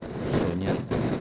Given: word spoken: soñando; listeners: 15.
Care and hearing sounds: one Spanish word in noise, from a listening test; noise modulated by three-talker babble; -5.3 dB; 0 of 15; 9 of 15; 0.80 s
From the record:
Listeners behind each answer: 9, 5, 1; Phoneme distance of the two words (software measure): 34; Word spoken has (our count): 3 syllables, 7 phonemes, stress on syllable 2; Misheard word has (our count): 2 syllables, 5 phonemes, stress on syllable 2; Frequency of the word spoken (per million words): 5.94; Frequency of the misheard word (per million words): 12.39

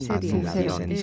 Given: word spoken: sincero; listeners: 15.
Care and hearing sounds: one Spanish word in noise, from a listening test; four-talker babble; -2.5 dB; 0 of 15; 9 of 15; 0.63 s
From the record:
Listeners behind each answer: 9, 3, 2, 1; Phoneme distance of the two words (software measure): 45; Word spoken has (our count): 3 syllables, 7 phonemes, stress on syllable 2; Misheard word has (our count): 2 syllables, 6 phonemes, stress on syllable 1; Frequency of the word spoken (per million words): 8.51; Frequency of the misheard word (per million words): 17.34

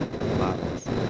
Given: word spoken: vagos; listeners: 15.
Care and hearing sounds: one Spanish word in noise, from a listening test; noise modulated by three-talker babble; -5.1 dB; 3 of 15; 6 of 15; 0.70 s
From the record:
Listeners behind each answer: 6, 5, 3, 1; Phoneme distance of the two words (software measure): 10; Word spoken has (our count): 2 syllables, 5 phonemes, stress on syllable 1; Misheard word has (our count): 2 syllables, 5 phonemes, stress on syllable 1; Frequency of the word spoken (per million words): 3.16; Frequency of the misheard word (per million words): 150.99

